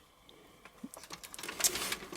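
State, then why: Not seated. During the transformation of a Moon Studios Radiatron (Raiden) plastic robot action figure, a plastic part is pushed back into its latch on the toy body, producing a run of small, scattered plastic ticks and rubbing that grows louder toward the end. The part fails to catch, and nothing has latched or clicked into place yet.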